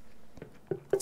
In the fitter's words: um I don't remember what these are called but they also I mean they're spring loaded they lock into place